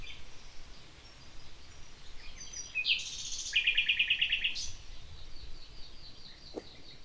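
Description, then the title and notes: Common nightingale song: a short whistled note, then a rapid run of repeated clicking notes and a brief rich flourish, over steady wind noise. Morning song in the village of Riumors, Alt Empordà, on a day with Tramuntana wind; nightingales tolerate people approaching right beside their tree. "Este ruiseñor se hacia oir un dia de Tramuntana en el pueblo de Riumors"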